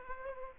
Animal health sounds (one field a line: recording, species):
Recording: mosquito wingbeat signal from an infrared sensor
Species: Aedes aegypti